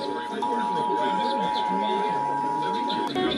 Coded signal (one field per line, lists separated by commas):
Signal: Emergency Alert System (SAME) tones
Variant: 853 and 960 Hz attention tone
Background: speech, music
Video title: Monthly Tests Madness (EAS #6942-7018) 6/27-28/22